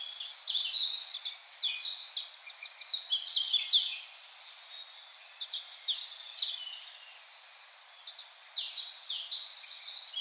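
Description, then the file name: Common blackbird giving a dense run of sharp, high chirping notes in quick bursts with brief quieter gaps, over a steady hiss of background noise. "Turdus merula"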